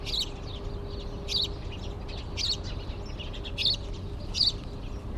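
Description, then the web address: House Sparrow chirping in bright clipped notes roughly every second, against a constant low rumbling background. "Bird Only More Classes Pa Do"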